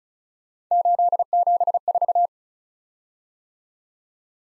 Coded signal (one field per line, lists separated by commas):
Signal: Morse code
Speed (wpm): 36 wpm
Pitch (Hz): 700 Hz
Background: none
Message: 874